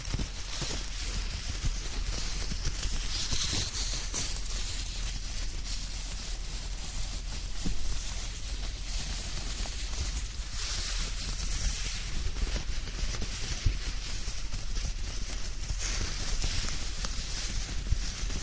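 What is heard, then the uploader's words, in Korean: A dry blanket rustles and slides continuously, with a crisp, papery swishing that stays fairly even for the whole stretch. Soft crackles and small ticks of fabric scatter through it, over a faint low rumble underneath. 스르륵 이불 소리. 잘 말린 이불 속에서 사각사각.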